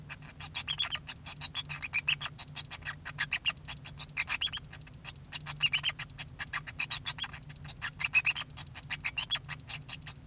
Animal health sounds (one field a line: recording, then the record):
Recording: song of a male Bengalese finch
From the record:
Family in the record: son of father 2